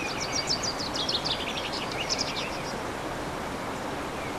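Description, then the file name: Bird song with rapid high, jingling notes in two short bursts, then quiet hiss with only a faint chirp. Recorded on 15 March 2014 with an MZ-N 710 recorder. "MZ-N 710 Chants d oiseaux 15 03 14"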